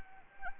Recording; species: mosquito wingbeat signal from an infrared sensor; Anopheles arabiensis